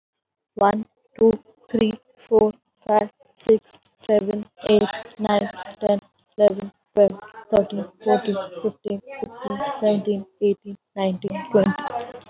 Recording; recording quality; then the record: counting at a normal pace; excellent, no background noise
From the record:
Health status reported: healthy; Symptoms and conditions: fever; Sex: female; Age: 22 years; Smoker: not ticked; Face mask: worn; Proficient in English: yes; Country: India